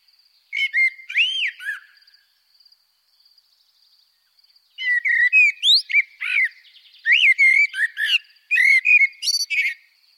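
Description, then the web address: Eurasian blackbird song: a short burst of rich fluting whistles, a pause, then a longer run of varied warbled phrases ending in high squeaky twitters. "coll efromentin la rochelle. Merle noir"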